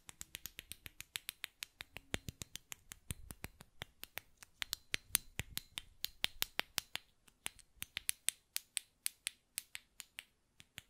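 Sharp, bright button clicks and taps repeat rapidly and fairly evenly, several per second, with a faint low rumble underneath throughout.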